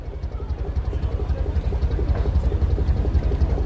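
An arriving ferry's heavy engine rumbles steadily in beautiful weather, a deep low throb pulsing in a fast even rhythm, growing slightly louder over a few seconds with no voices.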